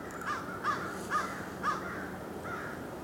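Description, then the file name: American crow calling with a run of short, harsh caws at an uneven pace, a faint background hiss under the calls. "Corvus brachyrhynchos - American Crow"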